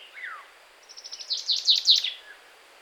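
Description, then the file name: Common chaffinch song fragment: a faint downslurred note, then a short run of high, rapidly repeated notes growing louder. "Fringilla coelebs"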